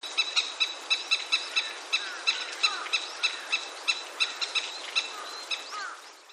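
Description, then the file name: Crested kingfisher giving harsh, grating notes in a rapid series, mixed with some rising squeaky sweeps, over a steady hiss of background noise. "yamase"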